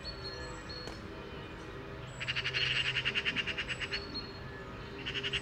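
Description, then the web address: Eurasian magpie giving a loud, fast rasping rattle after a few seconds of thin high bird calls, then starting another chatter at the end. "SETE data Pica pica"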